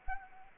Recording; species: mosquito wingbeat signal from an infrared sensor; Anopheles arabiensis